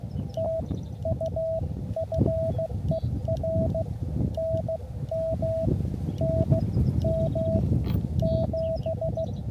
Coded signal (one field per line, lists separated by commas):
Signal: Morse code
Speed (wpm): 15 wpm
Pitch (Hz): 650 Hz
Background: none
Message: TU FER NM NM 7